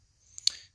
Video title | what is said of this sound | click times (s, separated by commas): CYC X1 Pro - Fixing PAS (Peddle Assist Sensor) | it slides over the edge and locks in place and then when | 0.4 s, 0.5 s